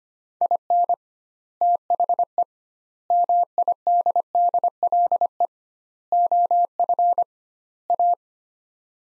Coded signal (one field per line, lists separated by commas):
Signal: Morse code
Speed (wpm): 25 wpm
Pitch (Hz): 700 Hz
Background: none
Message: IN THE MIDDLE OF A